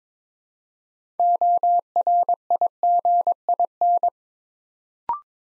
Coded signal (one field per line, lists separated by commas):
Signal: Morse code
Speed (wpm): 22 wpm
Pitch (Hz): 700 Hz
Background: none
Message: ORIGIN